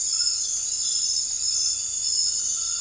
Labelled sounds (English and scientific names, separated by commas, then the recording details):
none
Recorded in dense forest near Puerto Asís, Putumayo, Colombia, on 18 February 2024 at 01:30
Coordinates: 0.484, -76.317
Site G6464